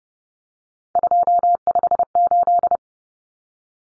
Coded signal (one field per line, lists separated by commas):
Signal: Morse code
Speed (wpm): 30 wpm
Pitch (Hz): 700 Hz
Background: none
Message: 258